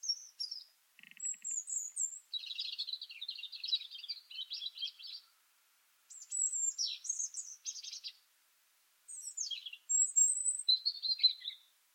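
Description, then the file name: European robin song: several phrases of high, sweet, varied warbling and whistles, separated by short pauses. "Erithacus rubecula"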